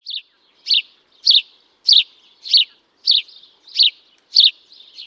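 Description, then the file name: House sparrow repeating a sharp chirp about every 0.6 seconds in an even series, some notes followed by a faint softer trailing chirp. "Passer domesticus"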